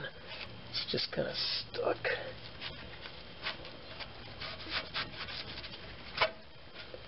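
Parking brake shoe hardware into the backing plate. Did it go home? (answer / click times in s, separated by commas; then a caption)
no / none. Parking brake shoe hardware on a 1997–2003 Ford F150, F250 or Expedition is worked into the backing plate while someone talks, with short rubbing and scraping bursts of metal parts being pushed and shifted. The stuck part has not seated yet and needs to go all the way down; nothing has clicked into place.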